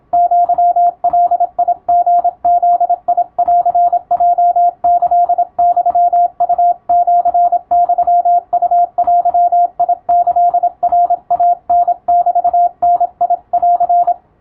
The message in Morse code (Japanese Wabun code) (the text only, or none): アガリブンヲキユウシユウデキナイタメダン